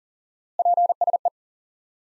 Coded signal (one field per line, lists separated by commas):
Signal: Morse code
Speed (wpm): 37 wpm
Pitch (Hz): 700 Hz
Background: none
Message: PSE